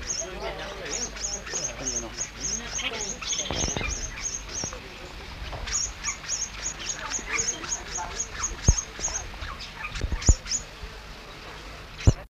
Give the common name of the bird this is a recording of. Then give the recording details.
Turquoise Parrot. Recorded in captivity. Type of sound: call. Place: Vogelpark Walsrode, Niedersachsen, DE. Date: 1977-09-09. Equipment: Halbspur, 9,5 cm/s. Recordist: Lütgens, Hans. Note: Rufe